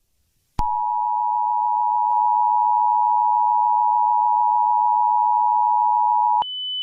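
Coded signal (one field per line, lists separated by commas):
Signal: Emergency Alert System (SAME) tones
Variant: 853 and 960 Hz attention tone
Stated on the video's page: Fictional EAS scenario about evil baby turtles attacking San Francisco.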